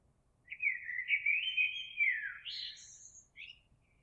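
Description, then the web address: Eurasian blackbird delivers one sweet, flowing warbled phrase that rises into a high, squeaky twittering finish. Recorded 26 April 2022. "oiseaux Merle 2022 04 26"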